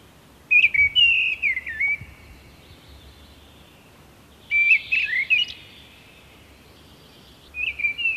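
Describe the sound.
Mistle Thrush song of three separated bursts of whistled, warbling notes, with quiet pauses between.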